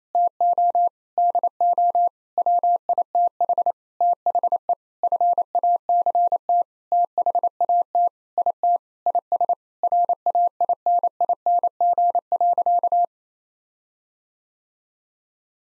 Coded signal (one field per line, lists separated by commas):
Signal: Morse code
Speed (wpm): 28 wpm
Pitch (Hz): 700 Hz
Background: none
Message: TO DO WITH THE FACT THAT IT IS RAINING.